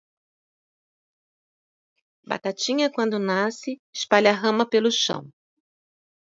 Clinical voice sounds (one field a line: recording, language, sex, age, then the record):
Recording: short text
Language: Brazilian Portuguese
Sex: female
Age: 50 to 59 years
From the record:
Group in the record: control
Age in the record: 54 years